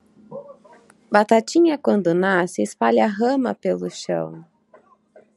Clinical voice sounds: short text; Brazilian Portuguese; female; 20 to 29 years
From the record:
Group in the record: control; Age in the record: 29 years

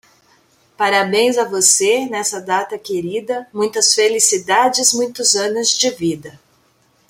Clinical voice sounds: short text; Brazilian Portuguese; female; 50 to 59 years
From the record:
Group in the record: control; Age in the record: 55 years

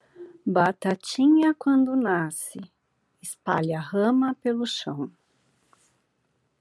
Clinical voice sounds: short text; Brazilian Portuguese; female; 40 to 49 years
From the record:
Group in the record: control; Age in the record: 45 years

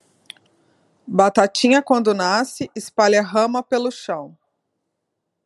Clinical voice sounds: short text; Brazilian Portuguese; female; 30 to 39 years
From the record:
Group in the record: control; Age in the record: 39 years

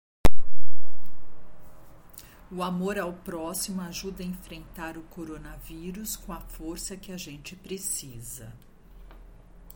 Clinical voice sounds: spoken sentence; Brazilian Portuguese; female; 50 to 59 years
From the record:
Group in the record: control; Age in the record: 55 years

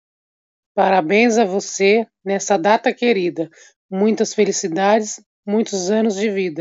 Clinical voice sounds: short text; Brazilian Portuguese; female; 30 to 39 years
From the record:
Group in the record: control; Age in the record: 35 years

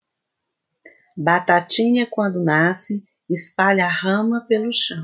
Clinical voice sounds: short text; Brazilian Portuguese; female; 50 to 59 years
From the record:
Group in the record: control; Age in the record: 50 years

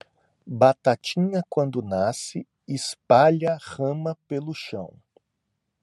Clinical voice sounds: short text; Brazilian Portuguese; male; 50 to 59 years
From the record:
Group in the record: control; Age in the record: 55 years

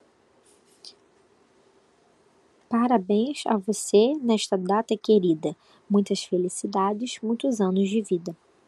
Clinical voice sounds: short text; Brazilian Portuguese; female; 20 to 29 years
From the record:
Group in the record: control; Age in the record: 27 years

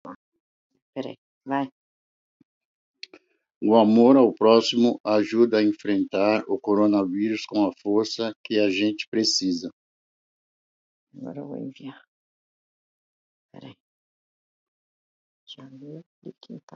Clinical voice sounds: spoken sentence; Brazilian Portuguese; female; 60 to 69 years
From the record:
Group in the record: control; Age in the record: 63 years

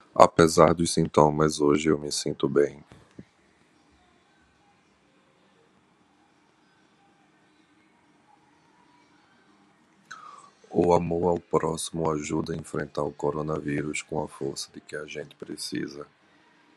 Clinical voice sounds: spoken sentence; Brazilian Portuguese; male; 40 to 49 years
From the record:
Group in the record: control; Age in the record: 46 years

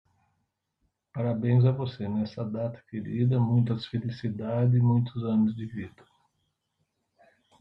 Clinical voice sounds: short text; Brazilian Portuguese; male; 60 to 69 years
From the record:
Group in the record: control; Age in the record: 62 years

